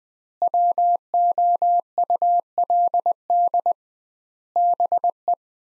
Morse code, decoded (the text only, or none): WOULD BE